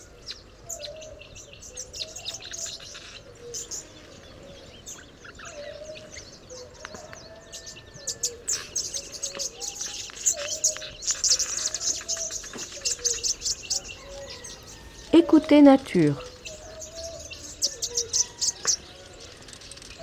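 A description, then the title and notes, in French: Birds sing in a jumbled, scratchy chorus, with many thin high chirps and rustling trills layered over steady lower warbling notes. Calls overlap throughout, and around fifteen seconds a louder burst of rich, rolling song stands out. Île de Sao tomé- Nagra seven - Telinga pro7. L'homme qui passe et qui inlassablement lance sa phrase modulée et les oiseaux aux chants brouillons et chiffonnés.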